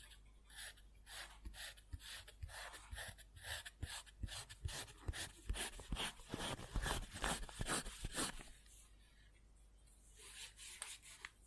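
Pencil or pen scribbling on paper in quick, scratchy back-and-forth strokes, dense and bright. The strokes are steady through most of the clip, heaviest around six to eight seconds, then thin out near nine seconds before a few softer strokes return at the end.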